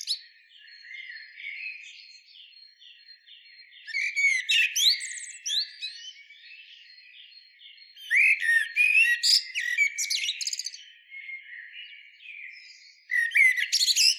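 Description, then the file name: Eurasian blackbird singing: quieter fluty notes alternating with loud bursts of shrill, squeaky twittering. "Turdus merula"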